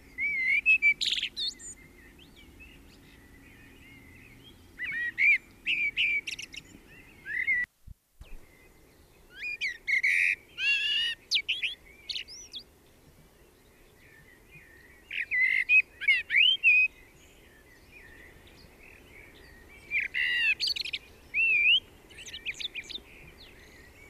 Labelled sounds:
Common Blackbird song

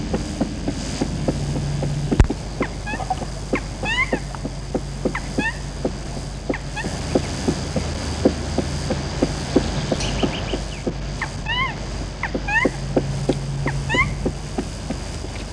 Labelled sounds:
Black Woodpecker

